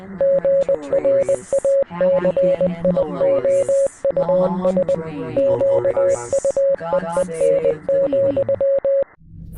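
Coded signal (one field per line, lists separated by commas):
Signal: Morse code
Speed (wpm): 20 wpm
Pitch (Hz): 550 Hz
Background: speech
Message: GRACIOUS QUEEN,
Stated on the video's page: Morse code used as a strange sound from space recorded by satellites, used in an independent short film.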